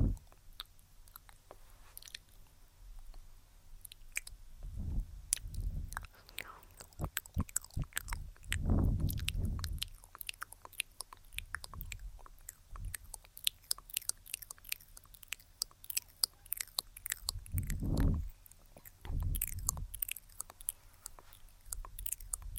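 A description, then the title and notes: Wet mouth sounds dominate: dense runs of small clicks, pops and smacks, sharp and bright, scattered through the whole stretch. Soft, low rubbing swells rise and fade every few seconds, strongest near 9 and 18 seconds. ASMR Tingly Tascam Mouth Sounds & Face Touching (Hand Movements, Personal Attention).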